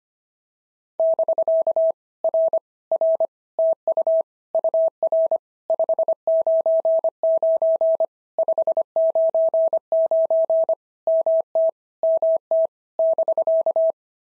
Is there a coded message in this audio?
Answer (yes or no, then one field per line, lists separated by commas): yes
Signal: Morse code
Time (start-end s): 1.0-13.9 s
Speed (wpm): 25 wpm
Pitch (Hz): 650 Hz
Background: none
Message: <BK> R R TU UR 599 599 MT MT <BK>